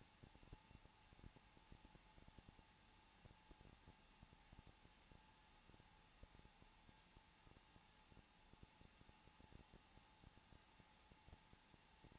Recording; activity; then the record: daily activity, microphone in the room; no activity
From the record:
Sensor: 1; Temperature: 20.2 degrees Celsius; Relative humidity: 35.7%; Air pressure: 994.5 hPa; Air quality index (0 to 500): 182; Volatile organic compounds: 7 ppm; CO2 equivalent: 2000 ppm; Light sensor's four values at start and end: 1/2/1/1 and 1/2/1/1